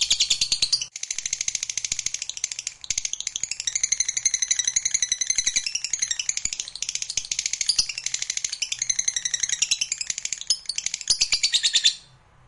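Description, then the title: Lovebird song: a long, dense, unbroken stream of high, buzzy, rattling chatter with rapid ticking notes, lasting about twelve seconds before stopping abruptly. Lovebird song to stimulate a lazy, quiet lovebird to sing spontaneously and with spirit. "LOVEBIRD Malas Bunyi JADI GREGET SPONTAN Langsung NARIK"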